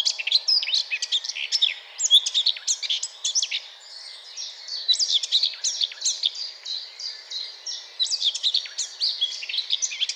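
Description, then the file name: Eurasian blackcap song, a rapid scratchy warble with short clear whistles mixed in, briefly softer near the middle before rising again. "Sylvia atricapilla"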